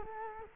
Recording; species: mosquito wingbeat signal from an infrared sensor; Culex quinquefasciatus